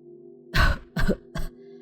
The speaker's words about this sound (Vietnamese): Bây giờ có một bà cụ độ hơn 90 tuổi, lưng còng rạp xuống đất, tay chống cây gậy tòe đầu tiến lại chỗ Tố Uyên. Bà cụ nhìn cô ho lên một chập rồi mới cất giọng thều thào.